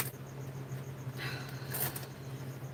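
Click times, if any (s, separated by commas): none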